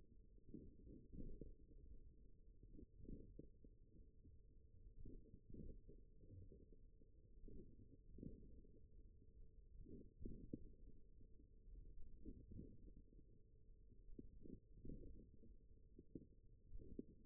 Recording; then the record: forearm muscle sounds (acoustic myography)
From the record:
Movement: thumb flexion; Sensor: system 1, eight BSWA MPA416 microphones around the upper forearm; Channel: 3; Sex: male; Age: 41 years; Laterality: right